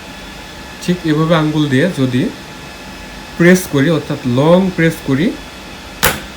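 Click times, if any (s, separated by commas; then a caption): 6.0 s. A RAM stick is pressed down with a finger on each end into a desktop motherboard DIMM slot while someone talks. A sharp click at 6.0 s marks the side locks snapping shut into the module's notches, and the module is seated.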